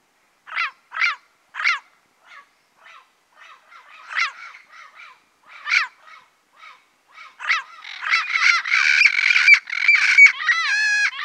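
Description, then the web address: Turquoise-fronted amazon: several sharp squawks, then quieter scattered notes, ending in a long stretch of harsh chatter with whistled, wavering tones. Recorded in the Pantanal, Brazil. "sescpantanal. Papagaio verdadeiro"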